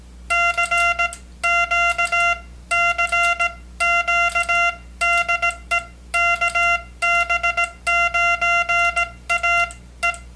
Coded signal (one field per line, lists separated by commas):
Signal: Morse code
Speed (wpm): 18 wpm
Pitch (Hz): 1380 Hz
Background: music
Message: CQ CQ DE KB9AE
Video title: Ham Radio - EICO 717, tube based electronic keyer quick repair and overview